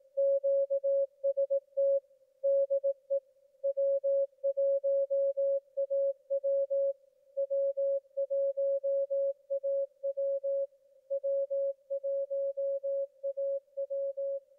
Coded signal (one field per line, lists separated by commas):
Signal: Morse code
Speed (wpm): 18 wpm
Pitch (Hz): 550 Hz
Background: none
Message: QST DE W1AW W1AW W1AW